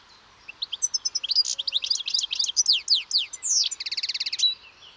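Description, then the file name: European goldfinch giving a rapid run of liquid, tinkling twitters that ends in a buzzy, fast trill, with quiet background hiss. "Carduelis carduelis"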